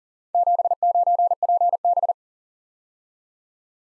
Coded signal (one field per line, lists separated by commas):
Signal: Morse code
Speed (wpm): 47 wpm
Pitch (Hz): 700 Hz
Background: none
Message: 79PB